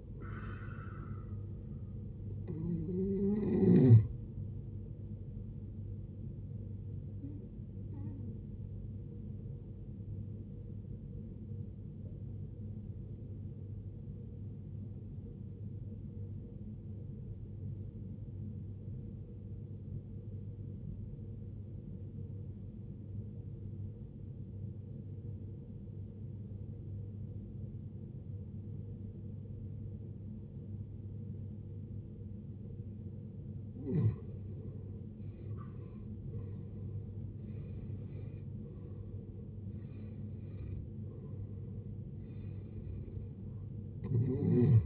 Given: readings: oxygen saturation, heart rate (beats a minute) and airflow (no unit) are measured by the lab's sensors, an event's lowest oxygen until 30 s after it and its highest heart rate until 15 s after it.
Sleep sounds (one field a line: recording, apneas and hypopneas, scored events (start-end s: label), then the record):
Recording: a person awake in a sleep study, by a smartphone at the bedside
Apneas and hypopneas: 1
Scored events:
8.00-38.00 s: new sleep stage, awake
15.00-36.90 s: obstructive apnea (scored as awake, oxygen 96% highest, then 86% lowest, heart rate 66 at the start, 77 highest)
15.00-44.86 s: awake
38.00-44.86 s: new sleep stage, N1 (lightest sleep)
From the record:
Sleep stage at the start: N1 (lightest sleep)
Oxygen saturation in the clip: 90 to 96%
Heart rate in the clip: 55 to 77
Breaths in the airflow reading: 7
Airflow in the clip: -13.9 to 16.3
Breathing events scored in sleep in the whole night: 389 in 6.3 hours asleep